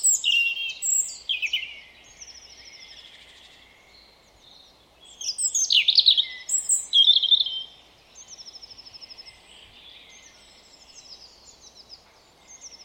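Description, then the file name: European robin singing several phrases of high, varied warbles and trills separated by pauses, with soft thin notes between them. "Erithacus rubecula"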